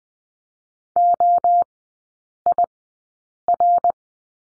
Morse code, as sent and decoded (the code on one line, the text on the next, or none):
--- .. .-.
OIR